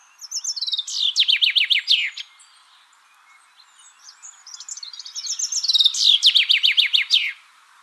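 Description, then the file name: Common chaffinch song: two rapid descending trills of sharp notes, each ending in a brief flourish, separated by a pause. "Fringilla coelebs"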